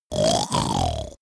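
A single short snore from an adult, a harsh, grunting vibration lasting about one second with a brief dip midway.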